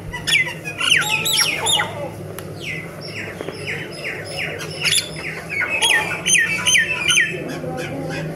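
Myna calls: loud, rasping notes that slide downward, repeated in fast uneven sequences, mixed with sharp squeaks, over a continuous low hum.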